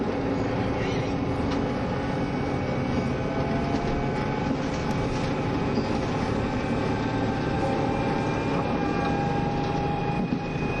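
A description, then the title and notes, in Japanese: A KiHa 72 series Yufuin no Mori diesel train runs between Ukiha and Hakata, with a steady, dense low rumble throughout. Thin whining tones sit above it, one sliding slightly in pitch near the end, while the overall loudness stays even. 配信は、JR九州キハ72系 ゆふいんの森06号02 うきは～博多です。走行音。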